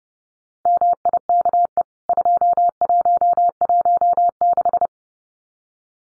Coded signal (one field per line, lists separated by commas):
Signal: Morse code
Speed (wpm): 30 wpm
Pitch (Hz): 700 Hz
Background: none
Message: MIKE 2116